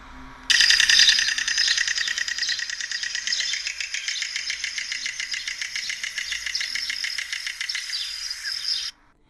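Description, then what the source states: Stork bill clattering: a dry, rapid wooden rattle of fast clicks sustained for about eight seconds, like chattering teeth. Bill clattering, not a vocal song: a noise made by opening and closing the bill very rapidly, compared to teeth chattering in the cold.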